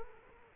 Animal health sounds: mosquito wingbeat signal from an infrared sensor; Culex quinquefasciatus

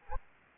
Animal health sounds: mosquito wingbeat signal from an infrared sensor; Anopheles arabiensis

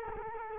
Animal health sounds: mosquito wingbeat signal from an infrared sensor; Culex quinquefasciatus

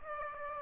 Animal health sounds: mosquito wingbeat signal from an infrared sensor; Aedes aegypti

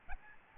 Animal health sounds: mosquito wingbeat signal from an infrared sensor; Aedes albopictus

